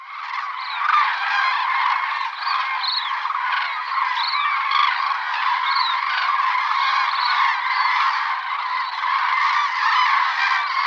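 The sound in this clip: Cranes calling together, an unbroken chorus of rolling trumpeting calls with rising notes threaded through.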